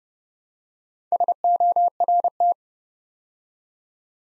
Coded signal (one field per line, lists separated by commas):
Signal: Morse code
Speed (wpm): 30 wpm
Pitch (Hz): 700 Hz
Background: none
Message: SORT